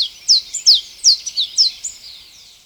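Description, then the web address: Blue-and-yellow Tanager calling: several sharp, high falling chirps in quick succession, then trailing off into softer notes. Recorded in Ecuador. "Birds of Ecuador. Blue-And-Yellow Tanager"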